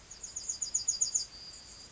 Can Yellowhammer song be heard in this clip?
yes